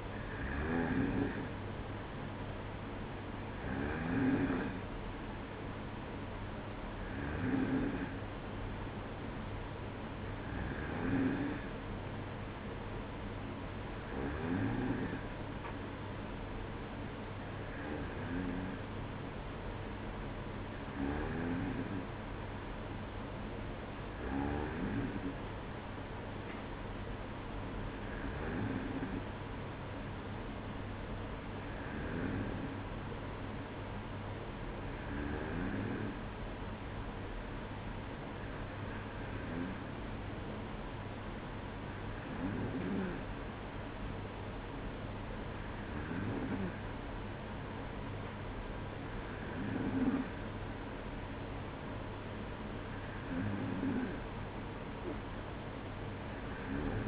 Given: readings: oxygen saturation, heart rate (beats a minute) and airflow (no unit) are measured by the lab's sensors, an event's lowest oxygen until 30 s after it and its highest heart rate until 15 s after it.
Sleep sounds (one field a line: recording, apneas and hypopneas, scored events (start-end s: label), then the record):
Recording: breathing in sleep by a voice recorder at the bedside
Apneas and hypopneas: none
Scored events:
none scored
From the record:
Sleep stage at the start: N2 (light sleep)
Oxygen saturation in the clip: 93 to 94%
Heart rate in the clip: 57 to 61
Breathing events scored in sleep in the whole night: 305 in 9.6 hours asleep